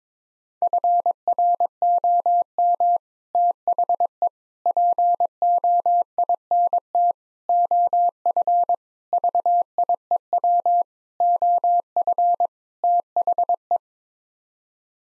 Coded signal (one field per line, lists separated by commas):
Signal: Morse code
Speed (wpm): 22 wpm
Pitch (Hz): 700 Hz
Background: none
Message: FROM THE POINT OF VIEW OF THE